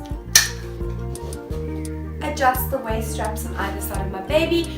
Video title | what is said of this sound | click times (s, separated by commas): How to Hipporoo®: 7. Back Carrying with Hip Seat (6 - 36 months) | buckle click into place adjust | 0.4 s